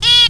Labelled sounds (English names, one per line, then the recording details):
Zebra Finch distance call
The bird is a female
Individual fem5